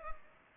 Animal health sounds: mosquito wingbeat signal from an infrared sensor; Culex pipiens

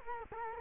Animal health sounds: mosquito wingbeat signal from an infrared sensor; Culex quinquefasciatus

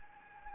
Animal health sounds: mosquito wingbeat signal from an infrared sensor; Anopheles gambiae

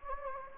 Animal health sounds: mosquito wingbeat signal from an infrared sensor; Anopheles gambiae

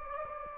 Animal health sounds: mosquito wingbeat signal from an infrared sensor; Anopheles gambiae

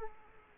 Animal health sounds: mosquito wingbeat signal from an infrared sensor; Aedes aegypti

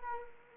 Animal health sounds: mosquito wingbeat signal from an infrared sensor; Anopheles arabiensis

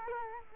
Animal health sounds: mosquito wingbeat signal from an infrared sensor; Culex quinquefasciatus

